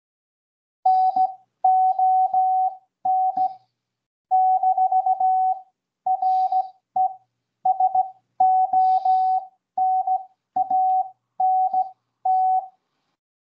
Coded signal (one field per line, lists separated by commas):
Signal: Morse code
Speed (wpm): 16 wpm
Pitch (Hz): 750 Hz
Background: none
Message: NON-RESONANT